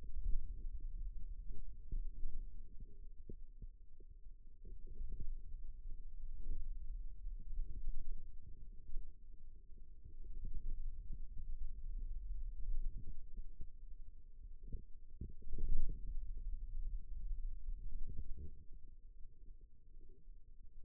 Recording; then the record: forearm muscle sounds (acoustic myography)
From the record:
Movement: radial deviation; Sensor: system 2, bracelet of six BSWA MPA416 microphones around the upper forearm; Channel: 2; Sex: male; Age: 22 years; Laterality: right